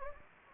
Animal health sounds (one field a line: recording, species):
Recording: mosquito wingbeat signal from an infrared sensor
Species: Anopheles gambiae